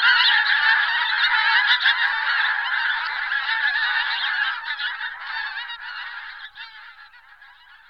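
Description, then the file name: Pink-footed goose flock calling: a thick chorus of overlapping honks that slowly grows quieter and fades toward the end. "Husa kratkozoba Anser brachyrhynchus"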